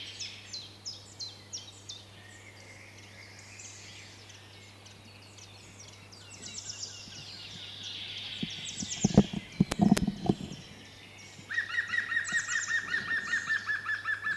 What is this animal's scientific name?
Picus viridis